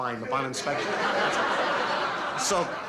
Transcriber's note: soundbite of laughter